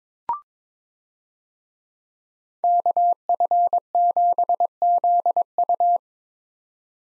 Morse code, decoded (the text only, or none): KF7ZU